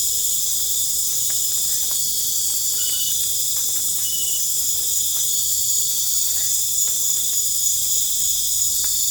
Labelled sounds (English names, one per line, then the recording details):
none
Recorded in pastures near Puerto Asís, Putumayo, Colombia, on 22 December 2024 at 20:00
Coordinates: 0.496, -76.326
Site G004